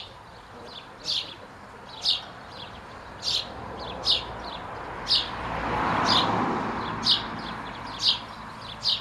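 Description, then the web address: Bird calls: sharp, high chirps given about once a second, while a passing vehicle's rushing swell rises and fades through the middle. "cianscape birddata Deverinetal 2025 Bird Only Co Pa"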